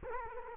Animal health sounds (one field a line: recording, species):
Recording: mosquito wingbeat signal from an infrared sensor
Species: Culex quinquefasciatus